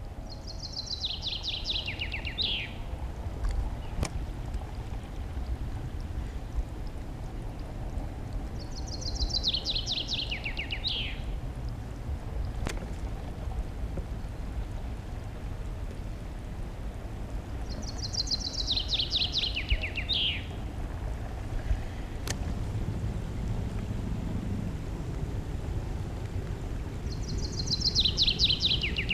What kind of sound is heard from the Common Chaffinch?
song